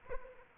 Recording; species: mosquito wingbeat signal from an infrared sensor; Aedes aegypti